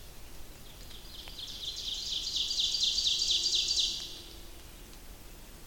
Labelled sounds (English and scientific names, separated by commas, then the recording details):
Ovenbird (Seiurus aurocapilla) song
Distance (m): 40 m
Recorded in boreal forest in Alberta, Canada, on 28 May 2016 at 06:39
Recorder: SongMeter 3, array SBT-3-49
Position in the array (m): 38 m, 187 m
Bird 15